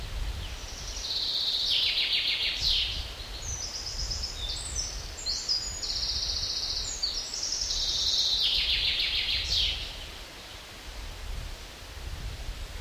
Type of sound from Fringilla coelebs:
song